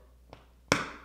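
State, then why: Seated. A lead wire's snap connector for a SaeboStim Pro electrical stimulation unit is pressed down onto the metal snap stud of an elbow garment or glove electrode. A soft contact tap at 0.3 s is followed by a sharp, loud snap at 0.7 s as the connector seats in place.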